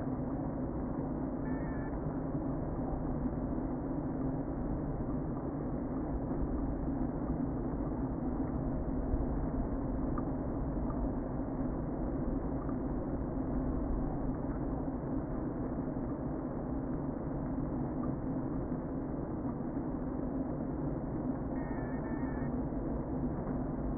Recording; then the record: honeybee colony, microphone inside the hive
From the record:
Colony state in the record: queen present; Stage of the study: before two queens were removed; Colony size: about 60,000 bees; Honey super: yes